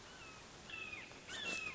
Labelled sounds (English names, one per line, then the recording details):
Red-shouldered Hawk
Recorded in Sonoma County, California